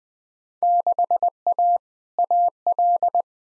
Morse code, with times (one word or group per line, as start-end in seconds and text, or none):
0.6-1.8 6A
2.2-3.2 AL